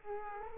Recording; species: mosquito wingbeat signal from an infrared sensor; Aedes aegypti